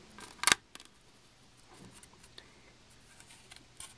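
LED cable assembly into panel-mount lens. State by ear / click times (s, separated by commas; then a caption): seated / 0.5 s. A cable assembly with a pre-installed 5mm bi-color LED is pushed through the front panel into the plastic lens, and two sharp, loud snaps at 0.5 s and 0.5 s show it seating. Fainter clicks and light handling follow.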